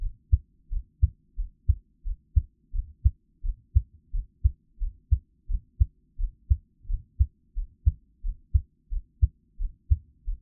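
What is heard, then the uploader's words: A heartbeat thumps low and steady, each lub-dub pair repeating regularly about every two-thirds of a second, muffled with nothing else audible. 獻上我的心跳 | Give my Heartbeat | NO Talking.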